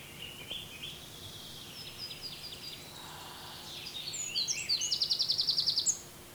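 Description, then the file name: Eurasian wren singing a jumble of high twittering notes that speeds into a loud, machine-gun trill of very high notes near the end, over a steady low hum. "Troglodytes troglodytes"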